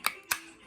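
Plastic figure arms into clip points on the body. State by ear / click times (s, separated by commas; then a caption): seated / 0.1 s, 0.3 s. The plastic arms of a Legacy Bulkhead transforming figure are pressed into the clip points on its body. Two short, sharp plastic clicks sound at about 0.1 s and 0.3 s, with quiet in between and after. Both arms snap and seat into place.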